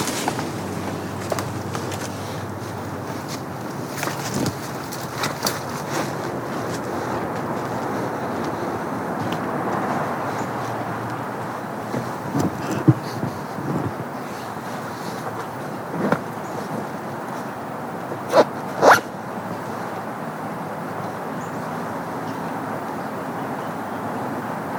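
A trail walk through woods and field: a steady low rumble of wind runs throughout, with scattered clicks and sharp knocks near 13 and 19 seconds.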